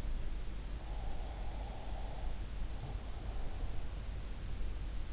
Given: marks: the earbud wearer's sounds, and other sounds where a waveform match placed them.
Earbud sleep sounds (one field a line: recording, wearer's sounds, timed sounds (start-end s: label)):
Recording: sounds in sleep by an in-ear microphone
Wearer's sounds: breath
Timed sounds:
0.85-3.82 s: breath